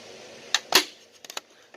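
A plastic dash air vent in a 1992 Chevy truck is pressed down onto a new retaining clip in the dash. A sharp, short snap at 0.6 s marks it clipping into place, followed by a louder clatter near 0.8 s and a few faint ticks around 1.2–1.4 s. The vent is seated.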